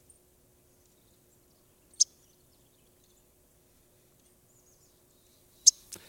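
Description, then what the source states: Yellow-rumped warbler call notes: a few very short, high, dry chips, one alone and then a quick pair near the end, over near silence. Call note heard at this time of year when the birds are not singing; less sharp than a sparrow's chip, not metallic like a cardinal's, a little more sputtered.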